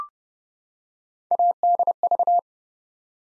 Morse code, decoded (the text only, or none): ADV